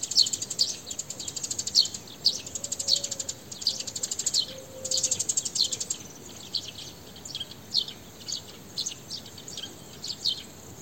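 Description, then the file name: House sparrow chirping, bright clipped notes given in quick clusters then spaced singly, steady background hiss throughout. "Passer domesticus"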